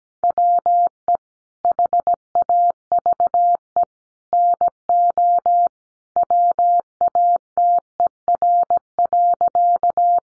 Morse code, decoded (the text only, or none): WE HAVE NO WATER.